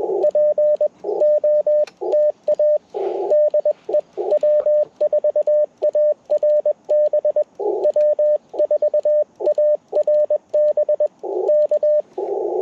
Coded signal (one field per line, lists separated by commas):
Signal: Morse code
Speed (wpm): 21 wpm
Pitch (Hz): 600 Hz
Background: radio noise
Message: POTA DE W4ARB W4ARB K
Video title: Set Up to Break Down, Full POTA Activation Process - 10/14/23 @ K-4451